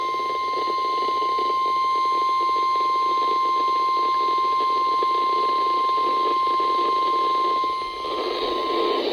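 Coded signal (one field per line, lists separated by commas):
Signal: Emergency Alert System (SAME) tones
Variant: 1050 Hz attention tone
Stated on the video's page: Severe Thunderstorm Warning received on NOAA weather radio station WXL60.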